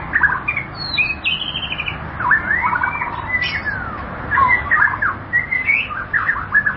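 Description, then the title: White-rumped shama song with rich variety: long sliding whistles, trilled rattles and quick flicking notes. "Kicau Murai Batu"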